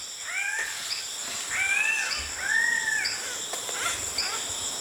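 An orange crested forest bird gives a series of four or five nasal, drawn-out calls that swoop in pitch, set against a constant high insect buzz with no talking.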